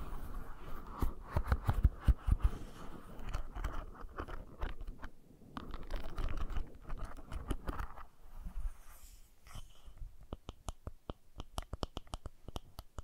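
Brushing and scratching, with dense, rough strokes and scattered sharp clicks filling the first ten seconds, pausing briefly around five seconds. After about ten seconds the scratching thins out into a quick, fairly regular series of crisp taps over a quiet background.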